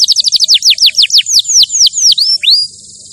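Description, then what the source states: Canary singing a series of fast descending whistled sweeps that slow down and end with a rising note, then quiet. Champion canary song used as a master recording for training other birds.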